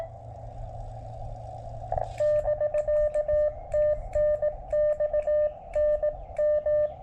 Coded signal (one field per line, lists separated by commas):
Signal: Morse code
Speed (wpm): 18 wpm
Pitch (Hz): 600 Hz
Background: none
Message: <BK> TNX NM